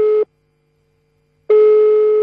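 A telephone ringback tone on the line: a steady, buzzy mid-pitched tone cuts off, falls silent for over a second, then sounds again, loud and unbroken. No one speaks.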